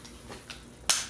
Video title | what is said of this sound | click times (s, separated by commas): Cnoc Vecto 2L Water Bladder | just a piece of tubing and that clicks into place there | 0.9 s